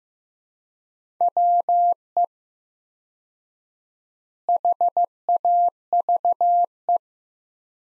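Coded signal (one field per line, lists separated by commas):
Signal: Morse code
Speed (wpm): 15 wpm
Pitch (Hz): 700 Hz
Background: none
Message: WE HAVE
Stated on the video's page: Morse practice at 15 wpm, sentences from top 100 words sent with 4x word spacing, a Farnsworth-like method for head-copying.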